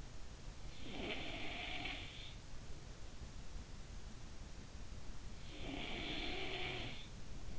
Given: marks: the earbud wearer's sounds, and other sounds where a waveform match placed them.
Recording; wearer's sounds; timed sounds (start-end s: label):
sounds in sleep by an in-ear microphone; snoring breath
0.33-2.62 s: snoring breath
4.79-7.59 s: snoring breath